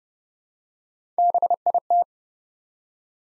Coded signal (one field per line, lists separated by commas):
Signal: Morse code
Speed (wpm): 30 wpm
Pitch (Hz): 700 Hz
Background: none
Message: BIT